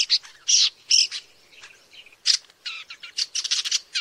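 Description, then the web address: Woodchat shrike uttering harsh, grating notes in short separate bursts, a gap, then a quicker run of dry chattering elements. "sound Woodchat-shrike. صدای-پرنده-سنگ-چشم-کله-سرخ"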